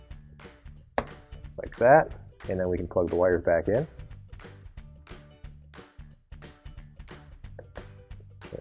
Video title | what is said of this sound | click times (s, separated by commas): WP903115 - Replacing Your Maytag Dishwasher's Indicator Light - AP6013608, PS11746835 | slide that onto the lens and it's going to click into place like that. | 1.0 s